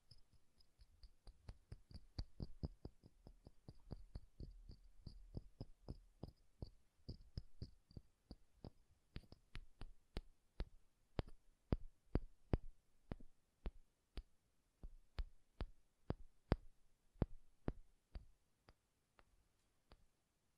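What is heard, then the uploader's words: Soft, bassy tapping repeats steadily through the whole stretch, each tap a short dull knock with a faint click on top. The taps come quickly and close together at first, with a low rumble underneath, then spread out into a slower, more even beat. ASMR Bassy and Soft Tapping Sounds.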